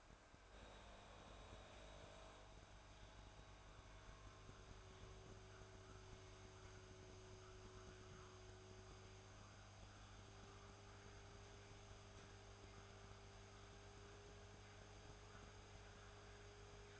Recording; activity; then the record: daily activity, microphone in the room; make coffee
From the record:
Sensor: 2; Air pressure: 1014.5 hPa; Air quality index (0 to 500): 191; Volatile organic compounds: 18 ppm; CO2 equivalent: 2621 ppm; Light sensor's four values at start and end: 4/10/3/4 and 4/10/3/4